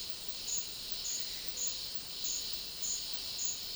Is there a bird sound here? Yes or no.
no